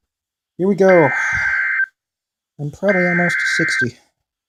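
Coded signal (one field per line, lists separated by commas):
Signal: Emergency Alert System (SAME) tones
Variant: header bursts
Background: speech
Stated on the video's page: Real Severe Thunderstorm Warning for Newton County, Mississippi.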